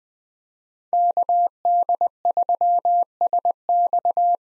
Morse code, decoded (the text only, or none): KD3SX